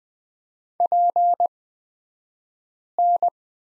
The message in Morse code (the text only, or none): PN